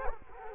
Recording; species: mosquito wingbeat signal from an infrared sensor; Culex quinquefasciatus